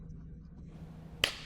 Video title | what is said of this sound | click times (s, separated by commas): How to Install the Valve Cover for Jeep Wrangler 2012-2017 | installing all the bolts, press down firmly and you'll hear a clicking sound. This indicates proper installation. | 1.2 s